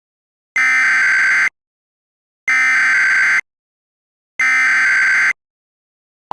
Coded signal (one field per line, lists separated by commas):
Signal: Emergency Alert System (SAME) tones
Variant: header bursts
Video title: Mini EAS scenario: Hypnotic Fireworks